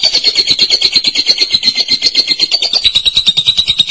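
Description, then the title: Lovebird song: an unbroken four-second stream of fast, buzzy, high-pitched chatter with a steady pulsing rhythm. "BM Suara Burung Lovebird"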